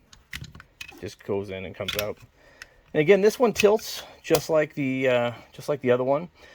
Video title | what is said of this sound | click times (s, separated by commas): These Six Items Will Give You Sharper Blades FAST! | It all lock into place. | 0.8 s